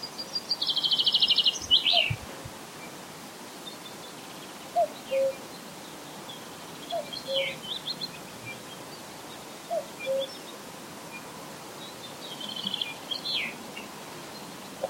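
Cuckoo giving a few soft two-note descending calls, with higher chirps and a loud trilling songbird at the start.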